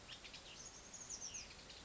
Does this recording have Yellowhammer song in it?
no